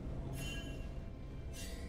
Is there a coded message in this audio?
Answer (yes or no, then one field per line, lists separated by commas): no